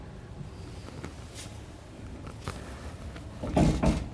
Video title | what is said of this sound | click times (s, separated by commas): etrailer - Blue Ox 2-Point Weight Distribution with Sway Control Installation - 2013 Ram 1500 | sure we're all the way up, clicked into place there. We heard it click, | 3.6 s